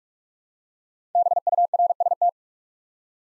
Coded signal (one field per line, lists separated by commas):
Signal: Morse code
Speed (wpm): 44 wpm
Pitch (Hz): 700 Hz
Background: none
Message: BURST